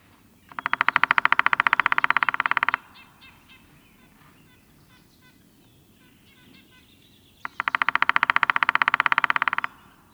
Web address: White-headed Woodpecker